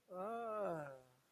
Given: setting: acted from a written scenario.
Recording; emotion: vocal sound without words; sympathy